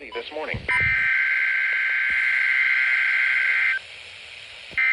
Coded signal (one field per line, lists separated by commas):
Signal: Emergency Alert System (SAME) tones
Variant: header bursts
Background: speech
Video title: 2024 Virginia Statewide Tornado Drill | 3/7/2024 (EAS #1,012)